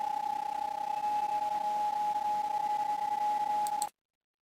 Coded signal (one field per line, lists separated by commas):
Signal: PSK31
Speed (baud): 31.25 baud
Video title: PSK31 with the FTDX10 and FLDIGI 6-5 2026